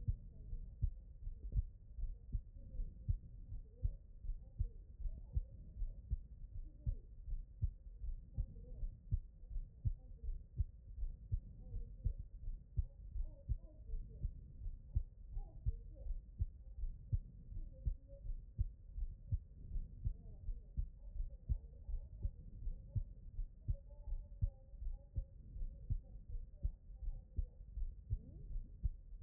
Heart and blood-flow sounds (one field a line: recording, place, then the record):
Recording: heart sounds by stethoscope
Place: pulmonary valve (PV)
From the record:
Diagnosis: non-HFrEF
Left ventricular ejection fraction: 56%